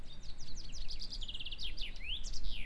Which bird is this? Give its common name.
Common Chaffinch